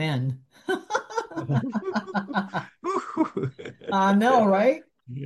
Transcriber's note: laughs